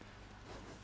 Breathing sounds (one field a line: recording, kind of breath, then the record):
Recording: one breath in and out by a microphone near the nose and mouth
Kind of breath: strong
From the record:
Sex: male